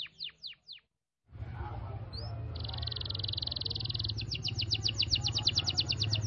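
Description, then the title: Canary song: a few downslurred notes, a brief pause, then a sustained flat buzzy tone turning into a fast trill over a low, steady background hum. Canary song in the cengkok mewah song pattern. "Cengkok Kenari Mewah. Suara kenari cengkok mewah"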